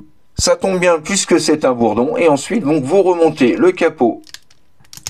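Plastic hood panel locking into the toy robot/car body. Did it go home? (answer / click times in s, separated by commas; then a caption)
yes / 5.1 s. Someone talks while transforming a plastic Transformers Movie 2007 Deluxe Bumblebee figure, raising the plastic hood panel of the toy car to its maximum. Quieter handling taps follow the speech, and the hood clicks into place against the robot/car body at 5.1 s with a sharp, loud click, seating it.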